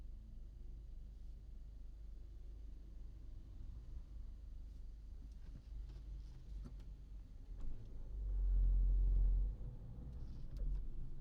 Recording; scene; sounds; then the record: everyday scene through a hearing-aid microphone; in a vehicle; engine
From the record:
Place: Berlingo II, diesel engine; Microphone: in the ear canal, right